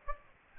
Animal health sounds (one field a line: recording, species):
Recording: mosquito wingbeat signal from an infrared sensor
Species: Aedes aegypti